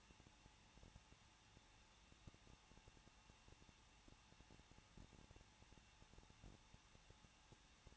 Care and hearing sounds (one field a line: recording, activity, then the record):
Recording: daily activity, microphone in the room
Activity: no activity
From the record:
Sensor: 1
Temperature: 20.1 degrees Celsius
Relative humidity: 39.1%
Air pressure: 1006.3 hPa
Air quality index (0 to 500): 217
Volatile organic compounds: 75 ppm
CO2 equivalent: 3568 ppm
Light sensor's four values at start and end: 1/2/1/1 and 1/2/1/1